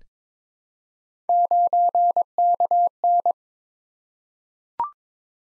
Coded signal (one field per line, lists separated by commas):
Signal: Morse code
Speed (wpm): 22 wpm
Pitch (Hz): 700 Hz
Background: none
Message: 9KN